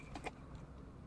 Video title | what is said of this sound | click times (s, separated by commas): Replace 4th Gen 4Runner Steering Wheel & Airbag (Full Removal Guide) | You'll hear a click when it's in all the way. | 0.2 s